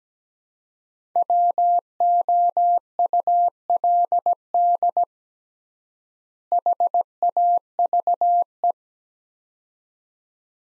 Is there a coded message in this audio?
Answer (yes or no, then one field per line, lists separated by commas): yes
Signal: Morse code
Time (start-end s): 1.2-8.7 s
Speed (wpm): 17 wpm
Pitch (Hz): 700 Hz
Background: none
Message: WOULD HAVE